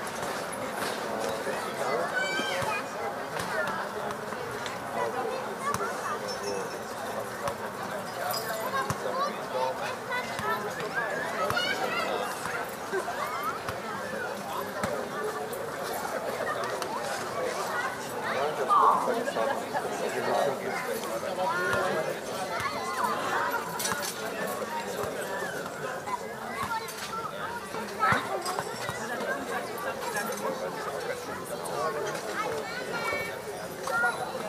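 A summer evening at dusk in Berlin, filled with the steady murmur of many people talking at once. The chatter stays dense and even throughout, with no single voice standing out, broken only by a few brief louder sounds near 19 and 28 seconds.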